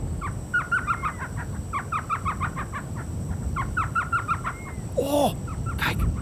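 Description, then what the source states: Elf owl giving rapid series of short, squeaky yipping notes in repeated bursts, like a squeaking puppy; a brief noise burst near the end. Female calling from her nest hole in a cactus in the Sonoran Desert, waiting for the male to bring food such as scorpions; means 'hurry up, I'm hungry'; sounds like a squeaking puppy.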